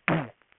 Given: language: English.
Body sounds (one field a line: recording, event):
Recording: throat vibration sensor signal played as sound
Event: throat clearing